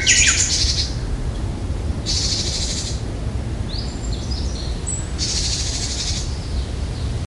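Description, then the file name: Japanese tit giving harsh, buzzy rasping calls in three bursts, with a few thin high chips between them, over steady low rumbling background noise. "sijukara"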